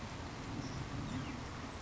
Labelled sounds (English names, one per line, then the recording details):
Savannah Sparrow
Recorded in Sonoma County, California